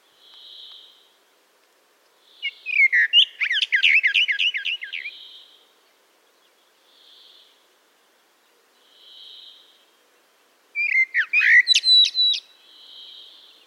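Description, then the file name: Eurasian blackbird song: two phrases, each a warble that turns into rapid, chattering high twitters, between repeated soft high tones. "Turdus merula"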